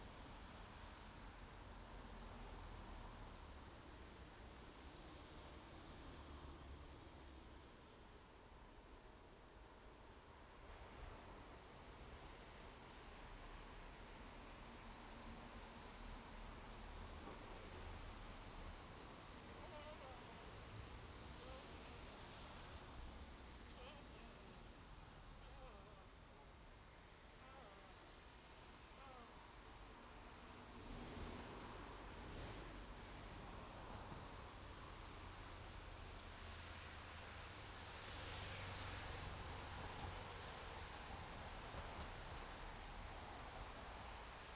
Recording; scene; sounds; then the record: everyday scene through a hearing-aid microphone; in traffic; traffic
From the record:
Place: main road on the outskirts, rush hour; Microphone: in the ear canal, left